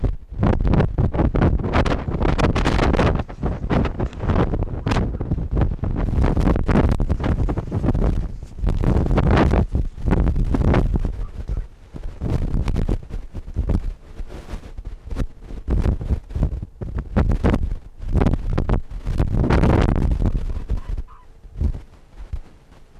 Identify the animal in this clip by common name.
Arctic Fox